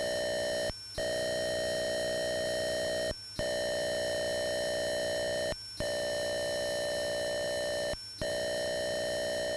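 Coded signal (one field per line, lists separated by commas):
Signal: computer data on cassette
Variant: Atari 8-bit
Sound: steady buzzy tone in blocks of about two seconds, four short breaks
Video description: Click on the link below to skip loading sequence : 03:59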